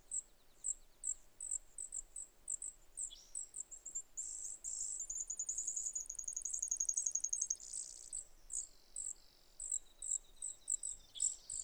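Brewer's sparrow song: a series of high chips, then long rattling and buzzy trills, then more chips.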